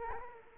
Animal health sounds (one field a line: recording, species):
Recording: mosquito wingbeat signal from an infrared sensor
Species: Culex quinquefasciatus